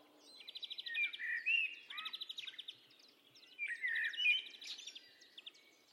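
Bird calling: repeated rapid trills interleaved with bright whistled slurs, in two main bouts separated by a short pause.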